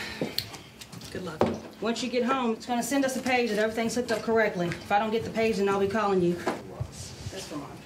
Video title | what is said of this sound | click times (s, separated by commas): Hardest Prisons 2018 Documentary | we'll hear that click | 0.4 s